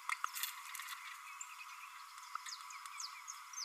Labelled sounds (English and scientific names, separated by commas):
Green-rumped Parrotlet (Forpus passerinus) babbling